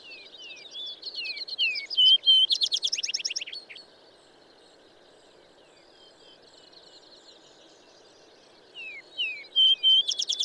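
Bird song with downslurred whistles and a bright pure note leading into a loud rapid rattling trill, then soft quiet warbling before the phrase begins again.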